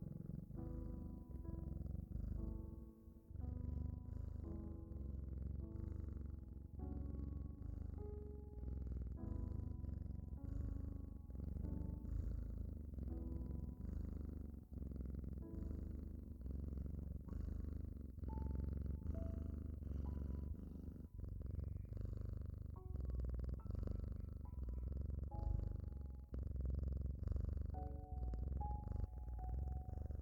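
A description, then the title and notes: A cat purrs steadily throughout, a low, even rumble that sits under everything. Calm music plays over it, with soft sustained notes changing every second or two in a slow melody. The level stays constant, with a brief dip just after three seconds. Cat purring and calming music.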